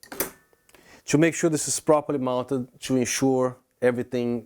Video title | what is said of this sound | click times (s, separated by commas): Genaray SSL-50 Soft Strip LED Light Overview | press it down a little bit and until you hear the click | 0.2 s